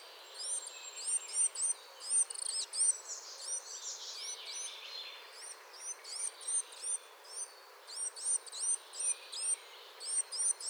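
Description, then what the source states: Coal tit calls: thin, high hooked notes given in quick, irregular runs, about two or three a second, over a soft steady hiss. Chattering calls.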